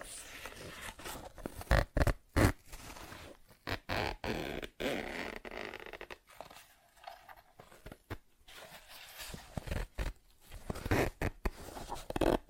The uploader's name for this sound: ASMR Tapping, Scratching & Zipper Sounds